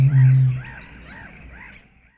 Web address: grande butor